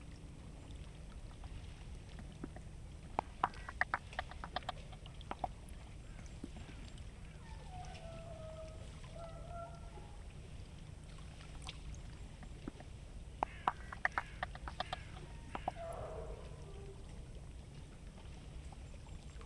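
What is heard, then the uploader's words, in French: Arrival at an estate on a lakeshore, with a steady low rumble underneath throughout. Sharp clicking knocks come in quick bursts around 3–5 seconds and again near 13–16 seconds, like hooves or footsteps on hard ground, while faint bird calls and voices drift through the middle. L'arrivée au domaine de Rovorée en bordure du lac Léman.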